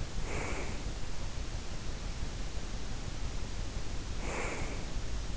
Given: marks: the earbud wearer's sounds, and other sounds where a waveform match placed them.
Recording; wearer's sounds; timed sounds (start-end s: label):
sounds in sleep by an in-ear microphone; breath
0.00-1.26 s: breath
4.02-5.00 s: breath